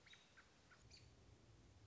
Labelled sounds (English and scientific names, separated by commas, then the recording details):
American Robin (Turdus migratorius)
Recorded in Sonoma County, California